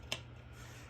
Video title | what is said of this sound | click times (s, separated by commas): Tone Traveler Troubleshooting: Charging your Tone Traveler Tablet | and so the next step I'm going to plug this USB cable in you're going to hear a positive click when that plugs in | 0.1 s